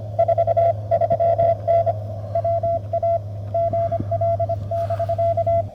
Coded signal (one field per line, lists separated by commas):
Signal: Morse code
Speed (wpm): 25 wpm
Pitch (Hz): 680 Hz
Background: none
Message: 43N WA GL <BK>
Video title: Reviewing The MTR 3B for SOTA